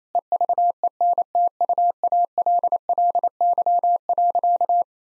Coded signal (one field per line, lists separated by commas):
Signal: Morse code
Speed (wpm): 28 wpm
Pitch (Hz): 700 Hz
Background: none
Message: EVENTUALLY.